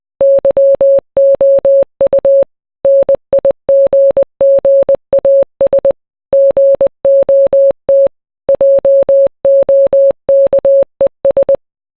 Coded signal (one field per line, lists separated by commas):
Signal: Morse code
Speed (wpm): 20 wpm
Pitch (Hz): 550 Hz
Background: none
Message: YOU NIGGAS GOT JOKES